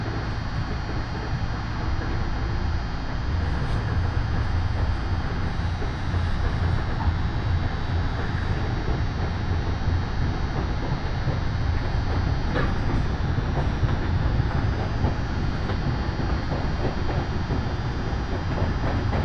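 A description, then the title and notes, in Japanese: Yoro Railway train running between Ibi, Ogaki and Yoro, heard as a steady, dense rumble that holds at one level for the whole stretch. A heavy low drone dominates, with faint clicks and brief brighter rattles scattered through, especially around the middle. 養老鉄道 揖斐→大垣→養老。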